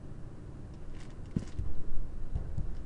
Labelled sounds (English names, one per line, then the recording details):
none
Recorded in Germany
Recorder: ecoPi